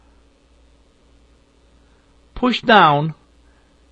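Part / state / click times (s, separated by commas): washing machine timer into control panel / not seated / none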